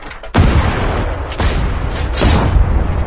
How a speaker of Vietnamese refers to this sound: Ba phát súng. Bóng đen bị đánh bay ra ngoài, trở nên mờ hơn rất nhiều. Trên thân còn có tia sáng màu vàng. Đây là thuộc tính kèm theo của địa ngục hỏa shotgun.